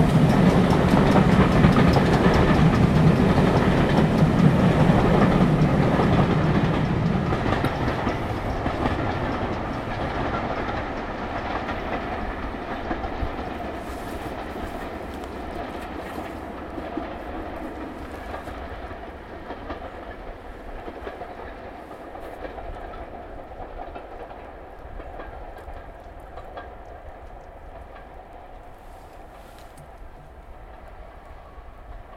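A train storms through a cutting, loudest in the first seven seconds with a deep heavy roar and rattling wheels. It then recedes steadily, the sound thinning and dulling as the clatter of the cars fades over the remaining half minute.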